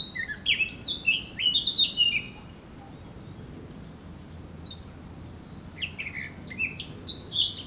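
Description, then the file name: Eurasian blackcap warbling: a bright phrase of slurred fluty notes, a quiet gap with a single note, then another chattering warble. "Sylvia atricapilla"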